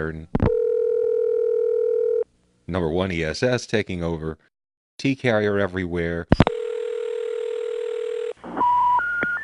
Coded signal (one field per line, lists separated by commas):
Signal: telephone call progress tone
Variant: North America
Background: speech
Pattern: ringback tone